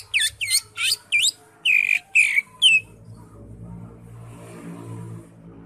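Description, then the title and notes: Greater Green Leafbird giving a burst of sharp, downslurred whistled notes about every half second, then the song stops and a low steady hum remains. Used as a training song for caged birds. "Suara Burung Cucak Ijo. mantap buat masteran burung cak ijo"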